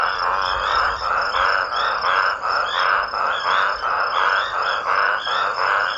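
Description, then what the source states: Toad chorus of harsh rasping croaks repeated in rolling waves, dense and unbroken. Several raucous toads.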